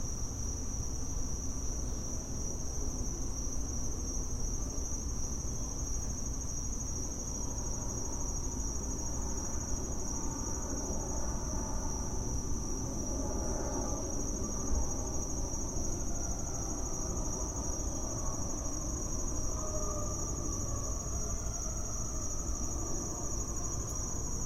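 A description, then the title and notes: A back yard on a Saturday: a steady high insect or cricket whine runs throughout over a constant low rumble, with faint shifting murmurs. The sounds of a back yard on a Saturday in August.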